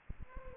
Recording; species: mosquito wingbeat signal from an infrared sensor; Aedes aegypti